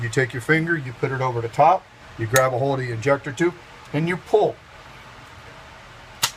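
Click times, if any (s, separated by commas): 6.2 s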